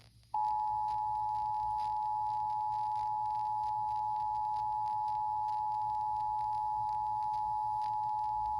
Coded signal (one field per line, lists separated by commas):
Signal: Emergency Alert System (SAME) tones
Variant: 853 and 960 Hz attention tone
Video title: Tennessee’s RMT on 107.5 WRVW-FM (EAS #111)